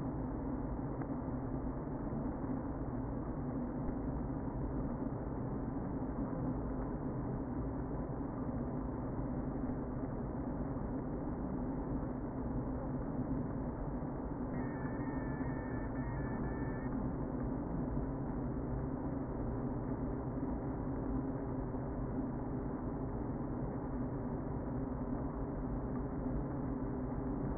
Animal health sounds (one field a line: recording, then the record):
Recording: honeybee colony, microphone inside the hive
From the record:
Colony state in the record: queen present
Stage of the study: before two queens were removed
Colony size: about 60,000 bees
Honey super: yes